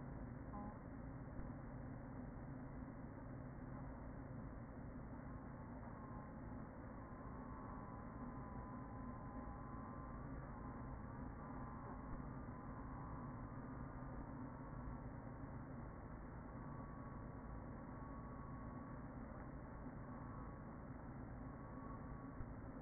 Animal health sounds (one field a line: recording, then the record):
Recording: honeybee colony, microphone inside the hive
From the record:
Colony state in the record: queen present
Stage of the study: after two queens were removed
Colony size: about 40,000 bees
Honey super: no